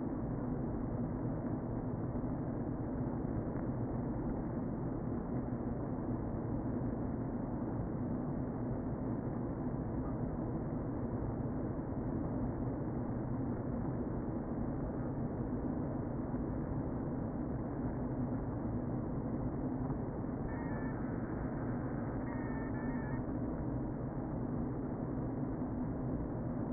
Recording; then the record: honeybee colony, microphone inside the hive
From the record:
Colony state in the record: queen present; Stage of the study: before two queens were removed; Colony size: about 60,000 bees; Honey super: yes